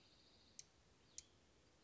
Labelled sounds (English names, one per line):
Cassin's Vireo